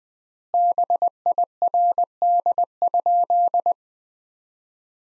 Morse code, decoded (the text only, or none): BIRD?